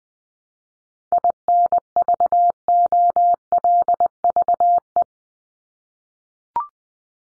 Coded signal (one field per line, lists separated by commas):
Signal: Morse code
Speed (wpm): 20 wpm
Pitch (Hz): 700 Hz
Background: none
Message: INVOLVE